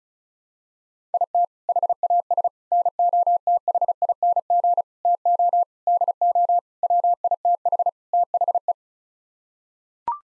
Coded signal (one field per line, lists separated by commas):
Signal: Morse code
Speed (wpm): 36 wpm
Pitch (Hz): 700 Hz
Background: none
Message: IT HAS NOTHING TO DO WITH THE